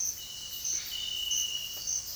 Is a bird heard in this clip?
no